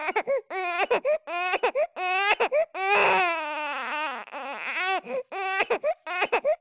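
A long sequence of an infant crying in repeated high-pitched wails with short gasping breaks, about 79 bursts a minute; mono sound effect.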